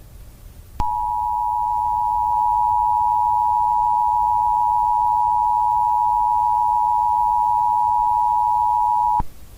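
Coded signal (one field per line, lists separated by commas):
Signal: Emergency Alert System (SAME) tones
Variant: 853 and 960 Hz attention tone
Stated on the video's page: Fictional EAS horror scenario made for entertainment, not a real alert.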